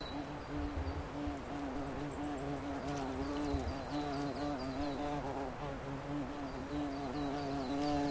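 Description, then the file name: Bumblebee buzzing in a low, continuous drone whose pitch wavers up and down. A large bumblebee. "INSECT BUMBLE BEE LARGE"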